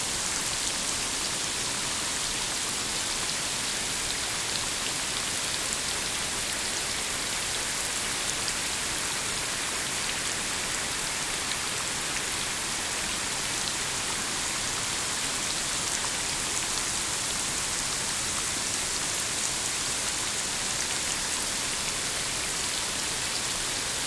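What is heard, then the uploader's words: Steady, dense rain hisses evenly throughout, bright, with countless fine drops pattering on a surface and no pauses or other sounds. WHITE RAIN • Organic White Noise.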